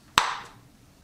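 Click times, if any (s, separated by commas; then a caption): 0.2 s. The plastic cover of a cooker connection box, set in at the bottom, is pressed in at the top until it snaps into place. A single sharp, loud click sounds at 0.2 s and rings out briefly, then quiet follows. The cover is seated.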